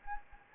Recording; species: mosquito wingbeat signal from an infrared sensor; Anopheles gambiae